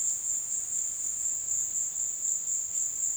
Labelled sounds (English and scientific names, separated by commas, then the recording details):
none
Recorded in secondary vegetation near Puerto Asís, Putumayo, Colombia, on 22 June 2025 at 16:00
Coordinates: 0.485, -76.322
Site GP06